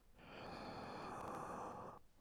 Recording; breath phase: one breath near a microphone; inhalation